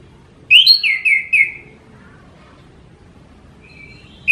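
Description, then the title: Orange-headed thrush song: four slurred, descending whistled notes in a quick run, then a single rising whistle a few seconds later, with quiet background hiss. Songbird-hobby bird described as gacor (singing constantly), teler, doyorng and a champion singer. "Kicau Mania Suara Burung Anis Merah Gacor Teler Doyorng Juara"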